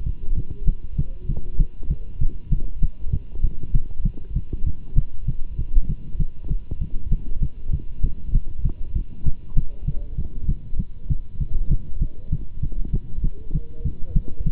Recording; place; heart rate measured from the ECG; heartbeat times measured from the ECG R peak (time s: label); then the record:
heart sounds by stethoscope; between the tricuspid and mitral areas; 196 bpm
0.05 s: heartbeat
0.36 s: heartbeat
0.66 s: heartbeat
0.97 s: heartbeat
1.28 s: heartbeat
1.58 s: heartbeat
1.89 s: heartbeat
2.20 s: heartbeat
2.51 s: heartbeat
2.81 s: heartbeat
3.12 s: heartbeat
3.42 s: heartbeat
3.73 s: heartbeat
4.04 s: heartbeat
4.35 s: heartbeat
4.65 s: heartbeat
4.96 s: heartbeat
5.27 s: heartbeat
5.58 s: heartbeat
5.88 s: heartbeat
6.18 s: heartbeat
6.49 s: heartbeat
6.80 s: heartbeat
7.11 s: heartbeat
7.41 s: heartbeat
7.72 s: heartbeat
8.02 s: heartbeat
8.33 s: heartbeat
8.64 s: heartbeat
8.94 s: heartbeat
9.25 s: heartbeat
9.56 s: heartbeat
9.86 s: heartbeat
10.17 s: heartbeat
10.47 s: heartbeat
10.78 s: heartbeat
11.09 s: heartbeat
11.39 s: heartbeat
11.70 s: heartbeat
12.00 s: heartbeat
12.31 s: heartbeat
12.61 s: heartbeat
12.92 s: heartbeat
13.22 s: heartbeat
13.53 s: heartbeat
13.84 s: heartbeat
14.14 s: heartbeat
14.45 s: heartbeat
From the record:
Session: Bruce protocol treadmill stress test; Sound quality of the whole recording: good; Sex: male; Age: 24 years